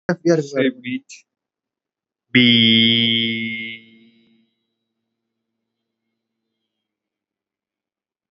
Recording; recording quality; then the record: sustained vowel as in beet; excellent, no background noise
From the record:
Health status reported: exposed to COVID-19, no respiratory illness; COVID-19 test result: negative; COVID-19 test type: RT-PCR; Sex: male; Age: 22 years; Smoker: no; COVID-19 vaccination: one dose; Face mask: worn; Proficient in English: yes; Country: India